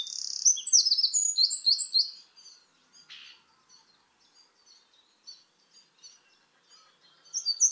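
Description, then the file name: Eurasian wren song, a rapid burst of high, shrill trills and chattering notes for about two seconds, then faint scattered notes and a new burst at the end. "Troglodytes troglodytes"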